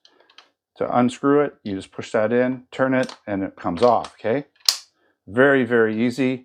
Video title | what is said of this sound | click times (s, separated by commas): Crosman ST-1 CO2 Blowback Full Auto Steel BB Machine Gun Table Top Review | And then turn it and it locks in place. | 0.0 s